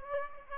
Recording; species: mosquito wingbeat signal from an infrared sensor; Aedes aegypti